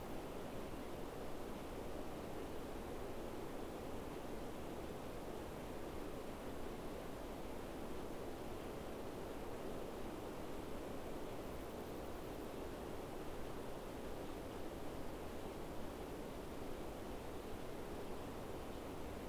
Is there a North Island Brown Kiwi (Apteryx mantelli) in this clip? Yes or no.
no